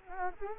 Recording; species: mosquito wingbeat signal from an infrared sensor; Culex quinquefasciatus